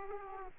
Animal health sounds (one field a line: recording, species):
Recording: mosquito wingbeat signal from an infrared sensor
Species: Aedes aegypti